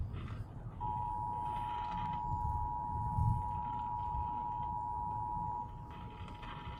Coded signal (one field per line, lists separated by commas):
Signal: Emergency Alert System (SAME) tones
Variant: 853 and 960 Hz attention tone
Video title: A FLOODING ROADS EAS Alerts from 5/16/23 (EAS#275 & #278)